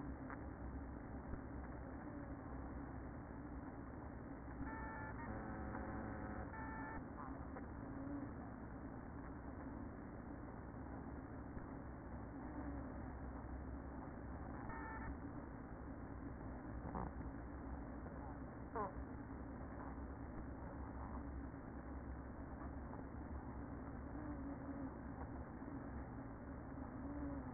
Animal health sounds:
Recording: honeybee colony, microphone inside the hive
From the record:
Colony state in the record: queen present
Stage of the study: after two queens were removed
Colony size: about 60,000 bees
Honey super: yes

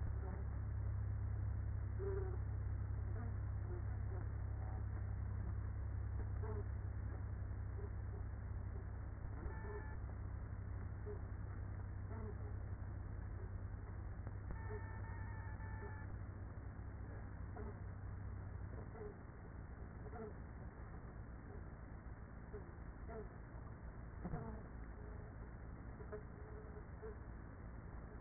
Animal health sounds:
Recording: honeybee colony, microphone inside the hive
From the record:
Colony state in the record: queenless with a low population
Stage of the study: after two queens were removed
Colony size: about 30,000 bees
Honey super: no

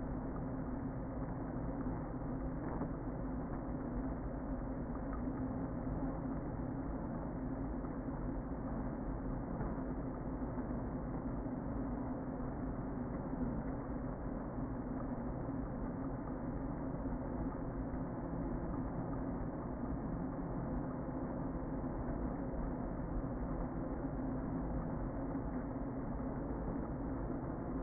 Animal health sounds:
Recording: honeybee colony, microphone inside the hive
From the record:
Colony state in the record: queen present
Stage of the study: before two queens were removed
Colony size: about 60,000 bees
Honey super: yes

